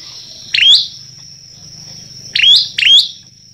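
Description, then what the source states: Prinia giving sharp, high chirps that dip then rise, one early and a quick pair later, over a steady high whine. Vigorously singing ('gacor') prinia, recorded as a tutor track ('masteran') for training songbirds.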